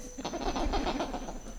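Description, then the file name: Black lemur calls, a quick run of harsh, grunting pulses, with a low rumbling background. Response to playback of a raptor call, recorded at Ambato. "Emacaco Resp Raptor PB Ambato"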